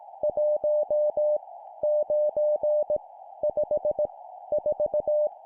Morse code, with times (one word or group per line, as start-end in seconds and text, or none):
0.2-1.4 1
1.8-3.0 9
3.4-4.1 5
4.5-5.3 4